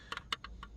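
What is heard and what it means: A plastic rear view mirror trim cover on a 2019–2021 Honda Civic is pushed onto its hidden retaining clips at the mirror mount. Five short, sharp plastic clicks are heard. The loudest, at 0.3 s, is the cover snapping into place, confirming it is seated.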